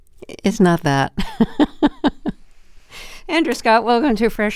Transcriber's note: laughter